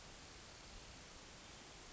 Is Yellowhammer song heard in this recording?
no